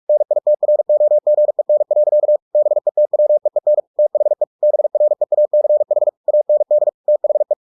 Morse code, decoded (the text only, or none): NITROGEN. BETWEEN THE BREACH AND THE